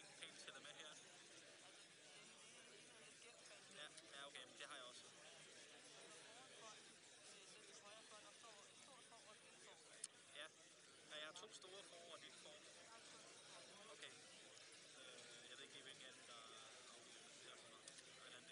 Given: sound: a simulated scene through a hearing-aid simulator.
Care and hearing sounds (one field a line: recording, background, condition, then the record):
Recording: conversation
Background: cafeteria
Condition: -4 dB SNR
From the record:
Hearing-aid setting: II (fast-acting compression, audibility-based gain, advanced features for about 2.5 dB of SNR improvement)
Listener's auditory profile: A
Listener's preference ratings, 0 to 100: 26, 31, 42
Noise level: 65 dB SPL